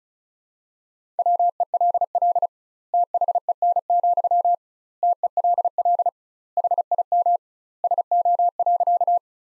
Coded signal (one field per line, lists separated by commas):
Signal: Morse code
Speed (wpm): 34 wpm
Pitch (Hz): 700 Hz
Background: none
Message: WELL THEN, TELL HIM SO.